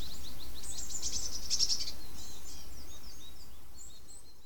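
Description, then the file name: Eurasian blue tit calls: a quick run of high, thin notes early on, then softer scattered chirps fading out against a low background hum. "Cyanistes caeruleus"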